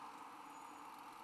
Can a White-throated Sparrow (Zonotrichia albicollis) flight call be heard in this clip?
no